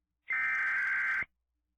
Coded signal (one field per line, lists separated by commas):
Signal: Emergency Alert System (SAME) tones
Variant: header bursts